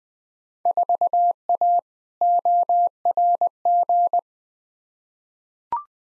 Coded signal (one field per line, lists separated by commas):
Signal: Morse code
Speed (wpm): 20 wpm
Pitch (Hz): 700 Hz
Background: none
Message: 4A ORG